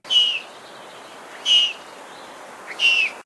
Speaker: Und so hört sich das bei einem Babyluchs an.